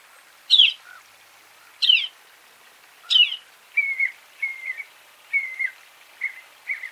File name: Northern mockingbird